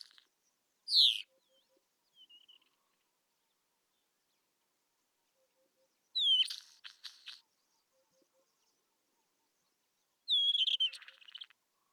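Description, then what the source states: Isabelline Wheatear singing short phrases spaced several seconds apart, high whistled slurs, most followed by scratchy buzzing chatter, with silence between; soft low pulses faintly behind. Recorded at Telmen Nuur, Mongolia.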